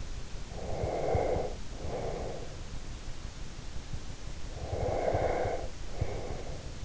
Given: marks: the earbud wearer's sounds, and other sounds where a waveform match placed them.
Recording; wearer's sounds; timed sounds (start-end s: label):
sounds in sleep by an in-ear microphone; breath
0.49-2.71 s: breath
4.52-6.80 s: breath